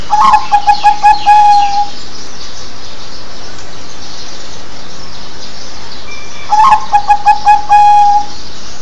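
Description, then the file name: Zebra dove song: a quick run of short, soft cooing notes that ends in a longer trilled coo, given twice with a quiet gap of about five seconds between phrases. "เสียงนกเขาชวา"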